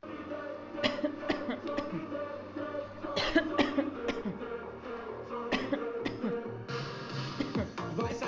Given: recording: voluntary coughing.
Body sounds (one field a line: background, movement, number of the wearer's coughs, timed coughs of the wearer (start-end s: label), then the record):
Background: music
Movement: sitting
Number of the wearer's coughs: 9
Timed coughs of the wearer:
0.81-1.13 s: cough
1.27-1.61 s: cough
1.75-2.06 s: cough
3.14-3.53 s: cough
3.56-4.02 s: cough
4.05-4.37 s: cough
5.50-5.95 s: cough
6.03-6.50 s: cough
7.38-7.77 s: cough
From the record:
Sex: female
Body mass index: 25.5 kg/m2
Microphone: on the chest, facing outward